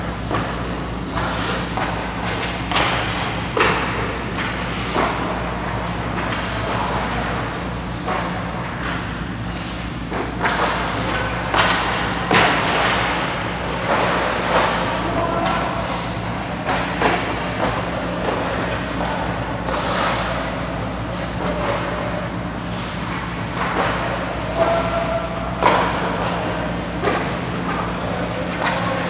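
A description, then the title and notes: Hockey practice in a rink: frequent sharp cracks and thuds of sticks and pucks over a steady low hum and faint voices. A Day at Hockey Practice.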